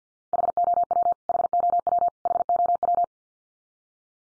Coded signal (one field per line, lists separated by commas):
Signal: Morse code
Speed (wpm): 50 wpm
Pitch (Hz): 700 Hz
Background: none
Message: HOW HOW HOW